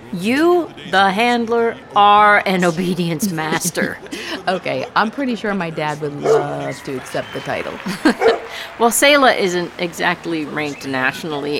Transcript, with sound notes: you, the handler, are an obedience master.
(laughter) I’m pretty sure my dad would love to accept that title!
Well, Selah isn’t exactly ranked nationally.